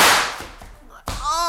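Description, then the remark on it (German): Two loud, sharp gunshots crack about a second apart. The first rings off into a fading tail, and the second is followed by a brief wavering cry. “Rette dich, Jim, er knallt dich ab!”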